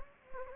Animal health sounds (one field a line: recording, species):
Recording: mosquito wingbeat signal from an infrared sensor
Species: Anopheles gambiae